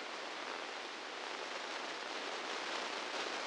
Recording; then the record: brain microelectrode recording played as sound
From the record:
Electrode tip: inside the subthalamic nucleus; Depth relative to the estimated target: 0 mm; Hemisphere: left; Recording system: NeuroSet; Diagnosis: Parkinson's disease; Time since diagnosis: 15 years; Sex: female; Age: 59 years